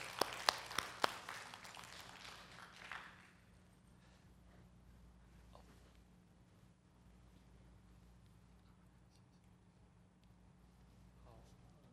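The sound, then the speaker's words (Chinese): A church audience bursts into applause to welcome a member coming up to give a testimony, a dense wash of clapping with a few sharp, loud claps, lasting about three seconds before fading into a quiet, steady hum. “将你给他一个掌声。”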